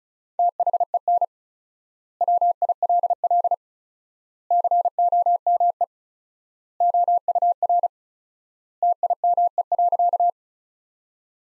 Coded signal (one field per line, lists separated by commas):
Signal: Morse code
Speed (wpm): 36 wpm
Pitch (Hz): 700 Hz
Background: none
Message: THEN WILL COME OUR TIME.